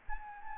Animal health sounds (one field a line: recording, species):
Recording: mosquito wingbeat signal from an infrared sensor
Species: Aedes albopictus